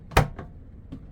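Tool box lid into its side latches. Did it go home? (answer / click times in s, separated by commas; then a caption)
yes / 0.2 s. The lid of a Klein ModBox 2.0 rolling tool box is closed onto its side latches, which catch with a sharp, loud snap at 0.2 s. Two fainter knocks follow at about 0.4 s and 0.9 s, and the lid is latched shut.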